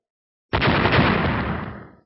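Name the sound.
explosion sound effect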